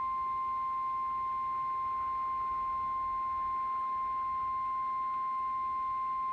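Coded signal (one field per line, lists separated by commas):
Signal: Emergency Alert System (SAME) tones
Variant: 1050 Hz attention tone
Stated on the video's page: NOAA Weather Radio thunderstorm watches and warnings, compilation.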